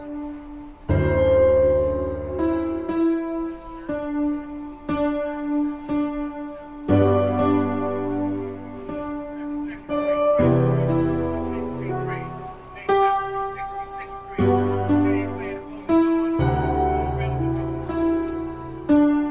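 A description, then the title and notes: An old song plays on a computer-generated piano, with full chords over heavy bass notes that start about a second in. The tune moves in short phrases, each cut off by a brief pause before the next chord strikes, and it stays fairly loud throughout. Collaged piano based on the folk song The Housewife’s Lament.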